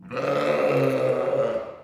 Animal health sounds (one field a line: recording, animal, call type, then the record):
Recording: contact call of a hoofed animal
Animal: sheep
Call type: low-frequency (closed-mouth) or high-frequency (open-mouth) call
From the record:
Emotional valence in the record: negative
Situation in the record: short social isolation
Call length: 1.83 s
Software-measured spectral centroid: 1590 Hz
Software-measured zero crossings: 1280 a second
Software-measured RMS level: -24 dBFS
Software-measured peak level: -10 dBFS